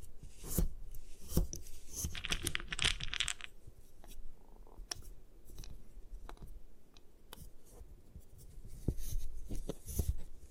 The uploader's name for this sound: Satisfying Ways to Destroy Gym Chalk